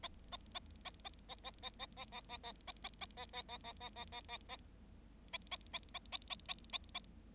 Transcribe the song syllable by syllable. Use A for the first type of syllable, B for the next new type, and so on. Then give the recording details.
A A A A A A A A A A A A A A A A A A A A A A A A A A A A A A A A A A. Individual Bird7